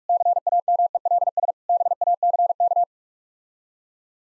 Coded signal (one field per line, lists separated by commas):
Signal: Morse code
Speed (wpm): 46 wpm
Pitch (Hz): 700 Hz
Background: none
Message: CAMELS BACK